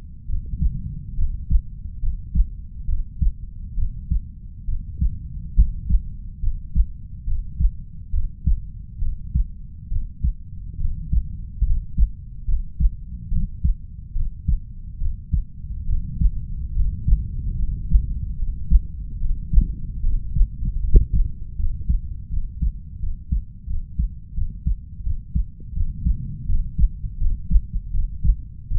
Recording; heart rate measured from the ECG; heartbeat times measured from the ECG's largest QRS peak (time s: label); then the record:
heart sounds by stethoscope; 74 bpm
0.25 s: heartbeat
1.14 s: heartbeat
1.99 s: heartbeat
2.85 s: heartbeat
3.74 s: heartbeat
4.65 s: heartbeat
5.54 s: heartbeat
6.39 s: heartbeat
7.24 s: heartbeat
8.10 s: heartbeat
8.98 s: heartbeat
9.88 s: heartbeat
10.77 s: heartbeat
11.62 s: heartbeat
12.44 s: heartbeat
13.28 s: heartbeat
14.12 s: heartbeat
14.97 s: heartbeat
15.85 s: heartbeat
16.72 s: heartbeat
17.55 s: heartbeat
18.35 s: heartbeat
19.17 s: heartbeat
20.00 s: heartbeat
20.80 s: heartbeat
21.55 s: heartbeat
22.29 s: heartbeat
22.99 s: heartbeat
23.66 s: heartbeat
24.33 s: heartbeat
25.02 s: heartbeat
25.73 s: heartbeat
26.45 s: heartbeat
27.17 s: heartbeat
27.90 s: heartbeat
28.67 s: heartbeat
From the record:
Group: healthy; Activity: rest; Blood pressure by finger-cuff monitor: 116/64 mmHg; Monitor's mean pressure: 79 mmHg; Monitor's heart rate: 72 bpm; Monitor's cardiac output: 5.7 L/min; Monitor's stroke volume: 80 mL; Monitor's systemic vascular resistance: 1000 dyn s/cm5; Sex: female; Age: 32 years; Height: 168 cm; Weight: 61.9 kg